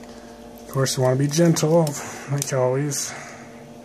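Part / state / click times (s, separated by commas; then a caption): back plate clipping onto smartphone frame / not seated / none. A plastic back plate is being handled against the frame of an LG G2 smartphone during reassembly after a screen/LCD replacement, while someone talks. Faint background hum is heard under the voice, and nothing has seated or clicked yet.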